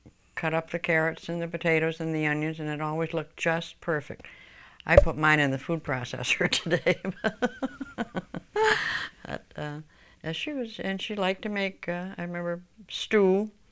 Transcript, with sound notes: cut up the carrots and the potatoes and the onions and it always looked just perfect. (the microphone records a popping sound) I put mine in the food processor today. She was, and she liked to make, I remember stew